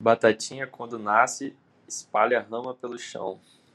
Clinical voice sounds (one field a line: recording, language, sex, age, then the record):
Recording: short text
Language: Brazilian Portuguese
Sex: male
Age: 20 to 29 years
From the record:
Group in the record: control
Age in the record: 23 years